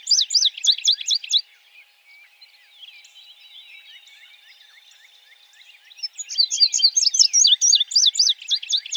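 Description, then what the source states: Indigo bunting song: bright, high paired sweeping notes in quick phrases, with a quiet gap of faint twittering before the song resumes loudly. Recorded in 2007.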